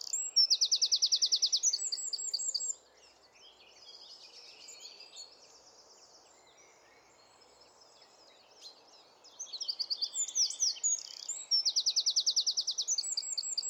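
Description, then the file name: Eurasian wren delivers two loud, rattling trilled song bursts, separated by several seconds of near silence with faint bird calls. "Troglodytes troglodytes"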